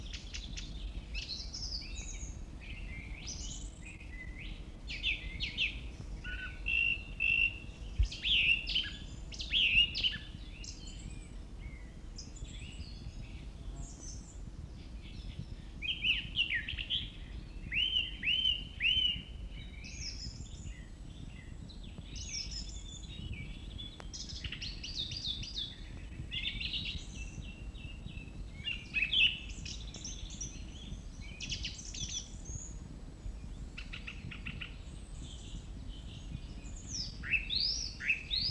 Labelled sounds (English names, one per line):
Song Thrush song